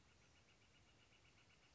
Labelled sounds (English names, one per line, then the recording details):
Northern Flicker
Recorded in Sonoma County, California